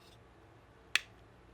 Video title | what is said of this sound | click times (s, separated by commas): Smith & Wesson Shield Trigger Job - Smith & Wesson Shield Accessories - M*CARBO | alright now we're going to push it all down we hear that nice snap I looking good | 1.0 s